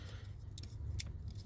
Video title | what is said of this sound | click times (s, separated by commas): 2019-2021 Honda Insight: Installing a Comma 2 into your Insight. | Snaps right in. | 0.6 s, 1.0 s